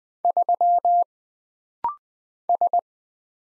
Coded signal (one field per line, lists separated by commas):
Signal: Morse code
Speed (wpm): 20 wpm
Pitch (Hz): 700 Hz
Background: none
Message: 3 S